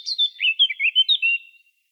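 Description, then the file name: Eurasian blackcap giving a short run of quick, sweet warbled notes, some dipping and rising, ending in a drawn-out high tone. "Sylvia atricapilla"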